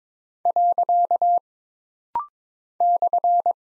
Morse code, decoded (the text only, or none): . /